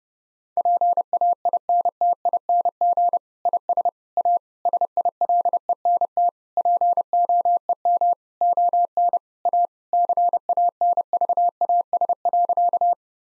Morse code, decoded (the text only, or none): PAINTING IS A SILENT POEM ON A CANVAS.